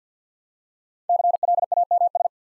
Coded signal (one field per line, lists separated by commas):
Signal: Morse code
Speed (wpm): 49 wpm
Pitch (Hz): 700 Hz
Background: none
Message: CLAMS